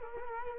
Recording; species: mosquito wingbeat signal from an infrared sensor; Culex quinquefasciatus